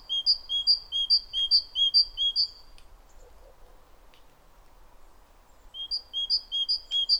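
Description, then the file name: Great tit song: bright two-note phrases, high then lower, repeated rapidly in a run of several, a pause, then the same phrase resumes. "Parus major"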